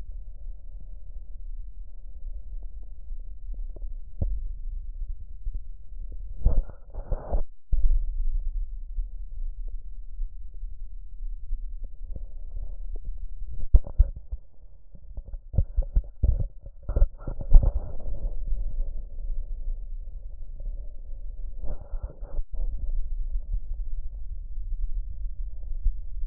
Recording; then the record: lung sounds by stethoscope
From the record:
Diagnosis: chronic bronchitis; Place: left posterior upper chest